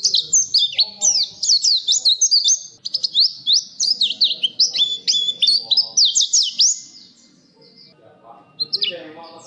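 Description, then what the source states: Nightingale song, rapid varied whistled and buzzy phrases for about seven seconds, then a near-silent gap before one more brief burst of high notes at the end. Masteran tutor recording for training caged songbirds to sing.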